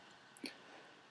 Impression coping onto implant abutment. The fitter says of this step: that click comes from this little rim at the gingival margin